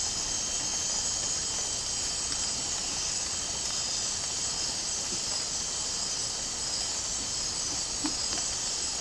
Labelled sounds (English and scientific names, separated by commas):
none